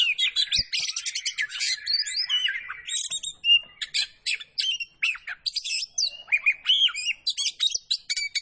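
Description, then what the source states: Oriental magpie-robin in dense, nonstop song mixing scratchy chatter, piercing whistles and quick chips. Poci variety of kacer (magpie-robin), singing vigorously in the gacor style.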